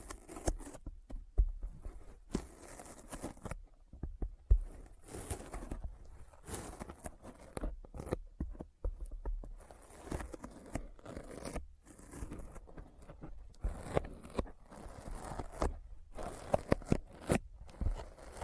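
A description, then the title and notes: Sticky fingers press and pull apart in a dense, irregular run of short tacky peels and crackles, like tape or a zipper tearing. The clicks come in quick clusters with brief silent gaps, bright and snappy, with a few louder pops near 4.5 and 16.5 seconds. ASMR Intense Sticky Finger Sounds (No Talking).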